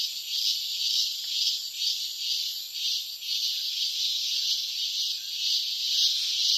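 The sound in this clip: Cicada singing a steady, hissing high-pitched drone, unbroken for the whole stretch.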